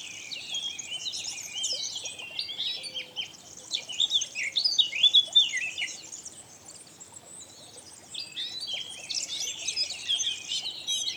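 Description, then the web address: Eurasian blackcap song: rich, fast warbling that swells to a loud jumbled climax midway, eases, then resumes in busy bursts. "SETE data Sylvia atricapilla"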